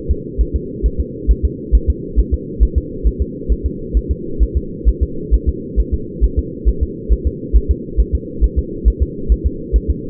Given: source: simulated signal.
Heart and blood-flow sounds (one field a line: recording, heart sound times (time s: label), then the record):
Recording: fetal heart sounds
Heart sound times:
0.11 s: S2
0.41 s: S1
0.56 s: S2
0.86 s: S1
1.00 s: S2
1.31 s: S1
1.45 s: S2
1.75 s: S1
1.90 s: S2
2.19 s: S1
2.34 s: S2
2.63 s: S1
2.78 s: S2
3.07 s: S1
3.22 s: S2
3.52 s: S1
3.66 s: S2
3.97 s: S1
4.11 s: S2
4.43 s: S1
4.57 s: S2
4.89 s: S1
5.03 s: S2
5.34 s: S1
5.49 s: S2
5.80 s: S1
5.94 s: S2
6.24 s: S1
6.39 s: S2
6.69 s: S1
6.83 s: S2
7.13 s: S1
7.27 s: S2
7.56 s: S1
7.71 s: S2
8.00 s: S1
8.15 s: S2
8.44 s: S1
8.59 s: S2
8.88 s: S1
9.03 s: S2
9.32 s: S1
9.46 s: S2
9.76 s: S1
9.90 s: S2
From the record:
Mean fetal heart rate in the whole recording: 135 bpm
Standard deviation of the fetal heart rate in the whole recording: 3 bpm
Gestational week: 34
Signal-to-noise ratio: -4.3 dB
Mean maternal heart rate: 72 bpm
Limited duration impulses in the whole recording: absent